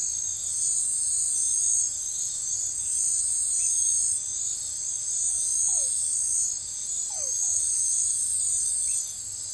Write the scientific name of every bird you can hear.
none